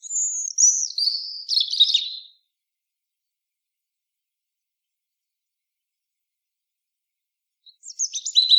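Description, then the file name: European robin song with a sweet, descending phrase of high warbled notes, a long silent pause, then another phrase beginning. "Erithacus rubecula"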